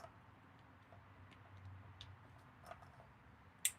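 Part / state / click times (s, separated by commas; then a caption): wiring harness connector into motorcycle ECU / seated / 2.0 s, 3.7 s. While a motorcycle ECU is being reinstalled, a wiring harness connector is pushed onto the unit over a quiet, low background hum. It latches with two sharp clicks at 2.0 s and 3.7 s, the second much louder. The connector is seated.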